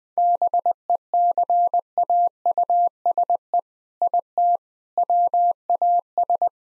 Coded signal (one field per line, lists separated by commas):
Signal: Morse code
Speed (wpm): 21 wpm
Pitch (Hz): 700 Hz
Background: none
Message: BECAUSE IT WAS